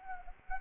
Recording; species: mosquito wingbeat signal from an infrared sensor; Anopheles arabiensis